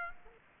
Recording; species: mosquito wingbeat signal from an infrared sensor; Aedes aegypti